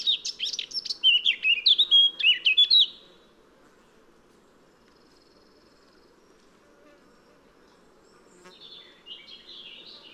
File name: Sylvia atricapilla